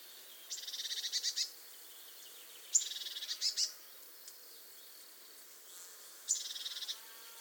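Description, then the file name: Eurasian blue tit giving buzzy, churring calls: three bursts of rapid, high ticking notes, the last two opened by a sharp note, separated by pauses of one to three seconds. "Cyanistes caeruleus"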